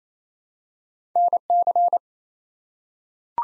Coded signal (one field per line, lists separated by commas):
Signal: Morse code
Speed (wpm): 27 wpm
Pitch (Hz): 700 Hz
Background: none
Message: NC